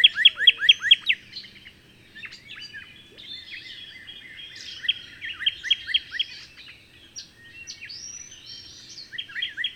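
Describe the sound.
Bird song: a quick series of sharp rising chirps, then varied twittering, with the chirp series returning in short runs.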